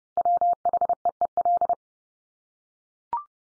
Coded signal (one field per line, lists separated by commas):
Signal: Morse code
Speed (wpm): 30 wpm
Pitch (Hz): 700 Hz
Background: none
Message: WHEEL